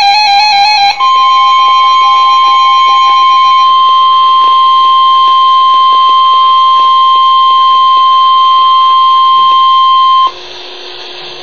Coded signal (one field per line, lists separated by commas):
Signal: Emergency Alert System (SAME) tones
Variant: 1050 Hz attention tone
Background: music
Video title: EAS Alert #7-8 - 2014 Wisconsin Statewide Tornado Drill 4/24/14